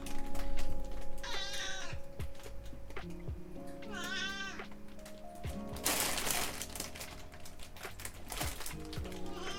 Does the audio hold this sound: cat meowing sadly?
yes